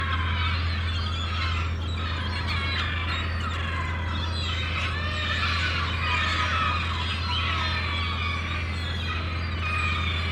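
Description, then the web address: Many gulls cry at once, harsh, slurred calls piling over each other without pause, above a steady low hum. Many gulls calling in a harbour. "The Sound Pack Tree - Sonic Seaside - Crazy Harbor Seagulls"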